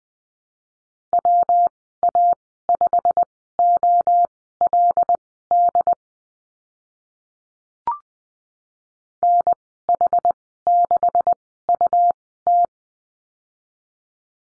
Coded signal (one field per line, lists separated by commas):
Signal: Morse code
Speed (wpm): 20 wpm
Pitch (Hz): 700 Hz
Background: none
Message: WA5OLD NH6UT